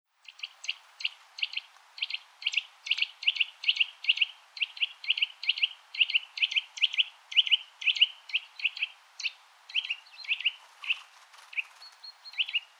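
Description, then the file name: Eurasian nuthatch giving a long series of sharp piping notes, two to three per second, continuing almost without pause and loosening toward the end. "Sitta europaea"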